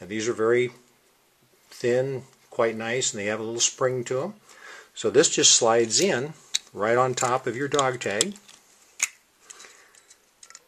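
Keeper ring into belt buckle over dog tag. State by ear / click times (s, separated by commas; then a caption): not seated / none. Someone talks while a thin, springy metal keeper ring is slid into an Honor Buckle belt buckle, right on top of the dog tag held inside. Brief handling ticks are heard near 9.0 s and 10.6–10.7 s. Nothing has seated or clicked yet; the ring has not snapped into place.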